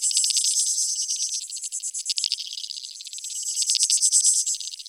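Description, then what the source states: Insects calling in rapid high-pitched pulse trains, a loud start, a slightly softer middle, then swelling again toward the end. Creek insects; field recording from Australia or Portugal, made in 2011, part of a collaborative soundwork; some recordings were left unaltered and others processed.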